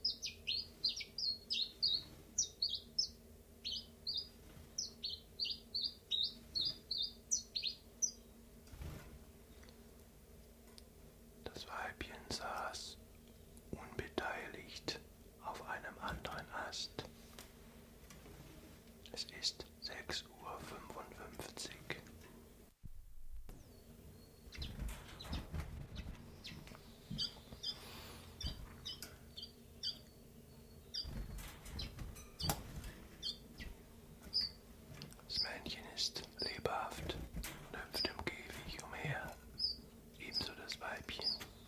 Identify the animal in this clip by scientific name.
Phylloscopus collybita